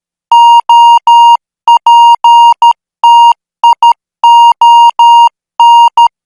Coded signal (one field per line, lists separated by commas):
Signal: Morse code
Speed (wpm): 13 wpm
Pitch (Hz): 940 Hz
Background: none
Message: OPTION